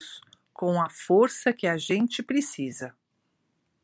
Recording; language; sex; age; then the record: spoken sentence; Brazilian Portuguese; female; 60 to 69 years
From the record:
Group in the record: control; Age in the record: 62 years